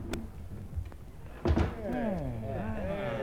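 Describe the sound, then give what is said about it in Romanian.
A few hard, irregular knocks on a wooden door of an inn, the last one loudest, followed by a voice starting to talk over a low background murmur. “E înăuntru în han și bate la ușe de afară.”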